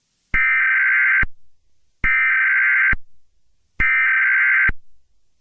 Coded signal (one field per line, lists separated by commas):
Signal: Emergency Alert System (SAME) tones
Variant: header bursts